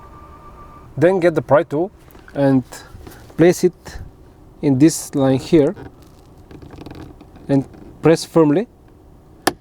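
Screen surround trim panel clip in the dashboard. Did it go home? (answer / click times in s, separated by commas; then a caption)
released / 9.5 s. A plastic pry tool is placed in the seam beside the centre screen surround trim panel in the dashboard of a 2021+ Tesla Model S/X and pressed firmly while someone talks. A few faint light ticks come around 6.5–6.9 s, then at 9.5 s a sharp, strong click sounds as the retaining clip pops free, releasing the trim.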